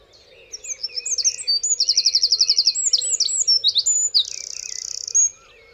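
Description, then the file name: Eurasian wren singing a long, rapid string of shrill notes and mechanical-sounding trills, ending in a fast, high buzz. A steady low drone is heard throughout. "Troglodytes troglodytes"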